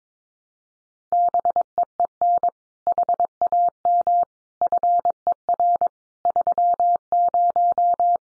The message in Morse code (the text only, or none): BEEN HAM FER 30